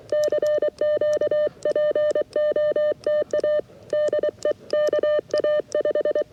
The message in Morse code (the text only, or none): CQ POTA DE KA5